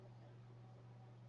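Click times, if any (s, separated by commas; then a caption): none. The hinged post of a small sterling silver hoop earring is handled toward its latch catch. Only a steady low hum and faint broadband noise are heard. Nothing has seated or clicked yet.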